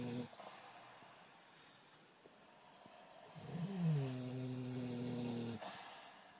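After a few seconds of quiet background, one long, low, droning snore comes from six young sows fast asleep and snuggled up together in their big ark, a hut outside.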